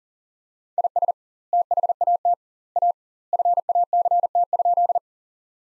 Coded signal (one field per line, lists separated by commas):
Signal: Morse code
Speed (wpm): 37 wpm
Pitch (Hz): 700 Hz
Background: none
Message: IS THAT A FACT?